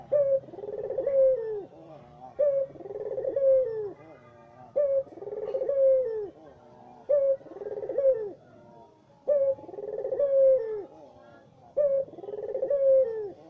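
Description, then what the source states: Barbary dove coos, each a short note then a rolling coo, six phrases in a steady rhythm with little else heard. White Barbary dove; training (masteran) recording used to tutor songbirds.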